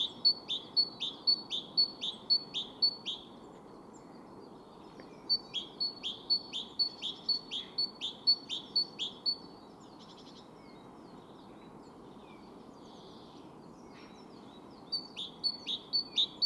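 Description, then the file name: Great tit, repeated ringing two-note phrases at about two per second in several bursts separated by quiet gaps, over low steady noise. "Parus major"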